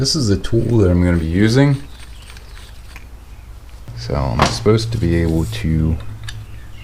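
Someone talks while handling a piece of an inexpensive cam bearing removal and installation tool, getting ready to slide it into the cam bearing bore of an 06 HD Ultra Classic engine for an inner cam bearing install. Between the talking there are a few small, sharp knocks and brief handling noises. Nothing has seated or clicked into place yet.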